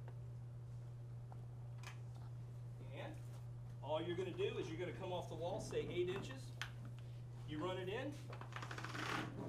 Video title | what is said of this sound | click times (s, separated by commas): Tampa Tile Schluter Demo | You hear it popping in? | 8.8 s